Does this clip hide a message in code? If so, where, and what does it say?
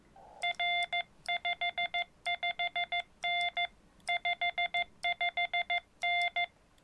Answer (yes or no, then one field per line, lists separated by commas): yes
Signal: Morse code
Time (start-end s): 0.4-6.4 s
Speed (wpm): 15 wpm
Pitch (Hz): 2100 Hz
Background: none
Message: R 55N 55N